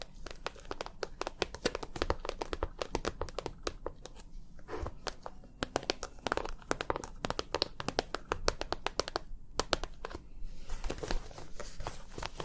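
Rapid, irregular tapping with sharp bright clicks in dense clusters and brief gaps, over a steady low rumble throughout.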